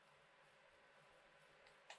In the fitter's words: and then once you as you push down you should hear it click like that and there you go that's done